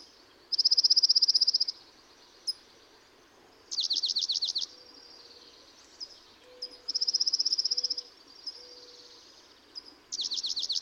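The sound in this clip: Dark-eyed junco songs: repeated high trills about a second long, alternating between an even buzzy trill and a wavering one, with faint low tones between.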